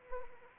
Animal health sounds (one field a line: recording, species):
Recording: mosquito wingbeat signal from an infrared sensor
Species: Anopheles arabiensis